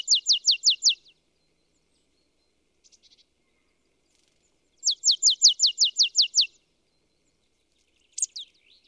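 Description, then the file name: Marsh tit: two quick runs of high, sharp, downward-slurred notes, about five to nine per run, with brief faint chips in between. "Poecile palustris"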